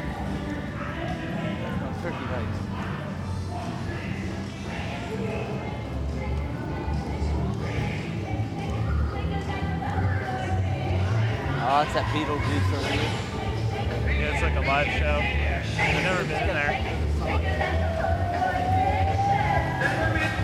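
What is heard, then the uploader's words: A walk through the Universal Studios Florida theme park, with a steady, dense crowd of overlapping voices throughout. A low rumble sits underneath, and brief clattering sounds and a rising tone near the end break through the chatter. A Day at Universal Studios Florida. Audio from the Universal Studios Florida theme park. Walk the park as we journey from attraction to attraction.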